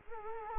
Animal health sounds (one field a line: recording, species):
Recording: mosquito wingbeat signal from an infrared sensor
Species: Culex quinquefasciatus